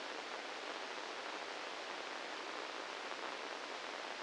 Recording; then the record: brain microelectrode recording played as sound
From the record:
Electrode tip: inside the subthalamic nucleus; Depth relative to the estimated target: 0 mm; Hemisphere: left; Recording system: NeuroSet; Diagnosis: Parkinson's disease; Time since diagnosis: 9 years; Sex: male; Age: 61 years